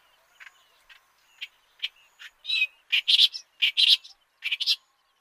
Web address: Clamorous Reed-Warbler song